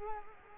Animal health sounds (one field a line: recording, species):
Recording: mosquito wingbeat signal from an infrared sensor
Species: Culex quinquefasciatus